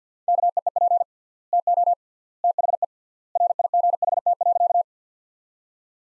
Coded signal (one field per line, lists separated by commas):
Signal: Morse code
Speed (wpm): 50 wpm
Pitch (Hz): 700 Hz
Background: none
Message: KEEP TO THE RIGHT.